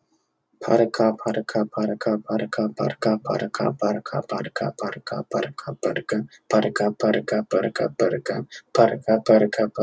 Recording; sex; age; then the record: repeated syllables /pa ta ka/; male; 40 to 49 years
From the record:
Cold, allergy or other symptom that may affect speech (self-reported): no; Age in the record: 40 years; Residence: California, United States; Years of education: 16